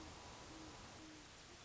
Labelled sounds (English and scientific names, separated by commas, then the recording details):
Great Horned Owl (Bubo virginianus)
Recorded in Sonoma County, California